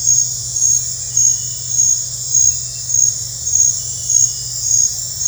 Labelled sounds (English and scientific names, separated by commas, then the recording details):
none
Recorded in dense forest near Puerto Asís, Putumayo, Colombia, on 20 December 2024 at 21:30
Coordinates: 0.468, -76.322
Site G071